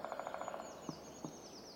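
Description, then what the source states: Woodpecker drumming, a quick burst of rapid even knocks lasting just over half a second, followed by two single taps, with a thin high songbird twittering throughout. Woodpeckers drumming on tree trunks shortly after dawn in the Fermansbo Urskog Nature Reserve forest; forest extremely calm.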